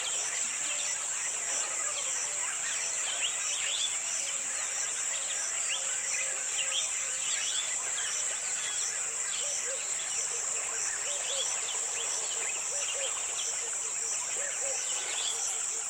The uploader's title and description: Dusk on the river Gambia. A myriad birds call including Yellow-crowned gonoleks, Red-eyed doves, Hadada ibis, Senegal coucals, African fish eagles, bulbuls, wood hoopoes, fishing owls, starlings, thick-knees and a host of others